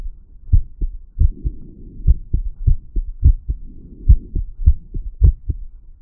Skippy heartbeat at tricuspid.